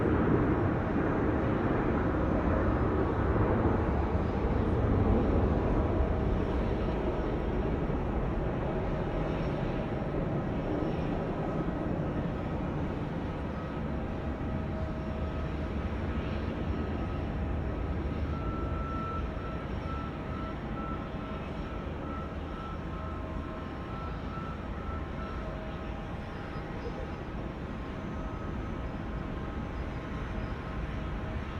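Aircraft engines drone steadily at an airfield, a dense, low roar that never lets up. It is loudest in the first several seconds, then eases slightly and holds even. Around the middle a higher, pulsing whine rises over the rumble for about ten seconds.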